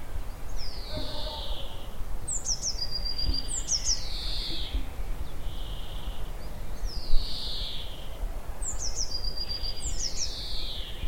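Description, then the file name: Eurasian nuthatch calling with high, sharply descending slurred whistles that come in groups every few seconds over constant low background noise. "Sitta europaea"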